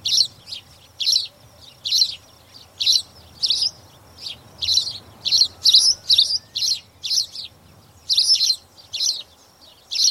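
Spanish sparrow chirping calls, harsh high chirps repeated in a quick irregular series, roughly one or two per second, with a faint low hum beneath.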